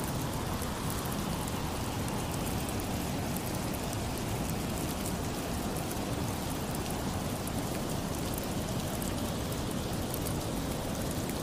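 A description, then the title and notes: Heavy rain falls in a dense, unbroken hiss that holds steady for the whole stretch, with fine crackling patter on top and a deep, rushing rumble underneath. Wind seems folded into the low roar, and nothing stands out from the constant wash. Rain Sounds With Wind Blowing White Noise.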